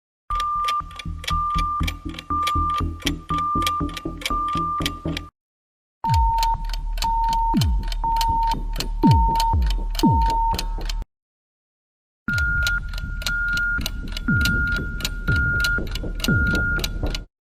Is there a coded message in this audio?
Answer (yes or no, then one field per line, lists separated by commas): no